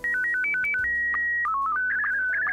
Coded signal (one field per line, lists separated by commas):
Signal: SSTV (slow-scan television)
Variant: Scottie 1